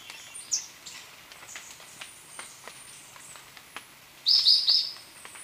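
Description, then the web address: Orange-bellied euphonia giving one brief buzzy triple-noted phrase near the end after a quiet stretch of faint ticking sounds. Ecuador. "Natures Songs S America Birds of Ecuador Orange-bellied Euphonia"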